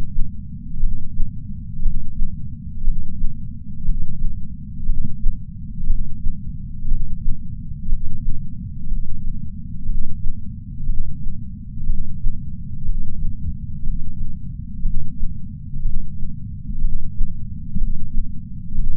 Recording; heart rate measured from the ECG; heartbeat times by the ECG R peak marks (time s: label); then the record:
heart sounds by patch sensor on the chest; 60 bpm
0.80 s: heartbeat
1.82 s: heartbeat
2.84 s: heartbeat
3.85 s: heartbeat
4.85 s: heartbeat
5.87 s: heartbeat
6.88 s: heartbeat
7.88 s: heartbeat
8.87 s: heartbeat
9.85 s: heartbeat
10.86 s: heartbeat
11.86 s: heartbeat
12.85 s: heartbeat
13.83 s: heartbeat
14.82 s: heartbeat
15.82 s: heartbeat
16.81 s: heartbeat
17.77 s: heartbeat
18.74 s: heartbeat
From the record:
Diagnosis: coronary artery disease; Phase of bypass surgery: preoperative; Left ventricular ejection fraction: 62.4%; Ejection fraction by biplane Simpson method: 59%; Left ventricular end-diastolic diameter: 53 mm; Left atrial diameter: 40 mm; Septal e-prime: 7.2 cm/s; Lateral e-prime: 9.5 cm/s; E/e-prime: 9.1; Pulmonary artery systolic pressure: 23 mmHg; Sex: male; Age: 60 years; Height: 180 cm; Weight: 100 kg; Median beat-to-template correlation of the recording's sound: 0.92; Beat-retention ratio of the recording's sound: 0.96